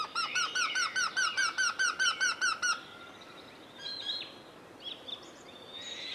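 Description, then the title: Eurasian wryneck song: a steady series of loud, nasal notes that stops abruptly, followed by a few softer sounds. Vocal in spring and early summer. "Viikon luontoääni: Käenpiika"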